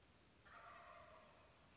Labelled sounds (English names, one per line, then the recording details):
Wild Turkey
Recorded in Sonoma County, California